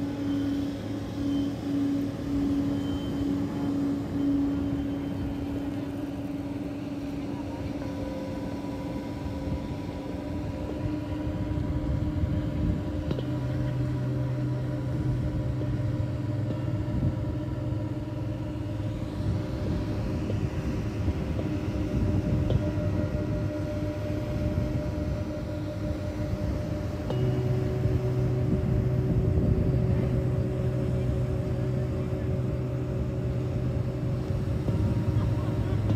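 A live sound healing session at the beach, built from long, steady humming tones that hold without a break. A deeper drone joins around 13 seconds and again near 27, while a low rumble and some faint voices run underneath.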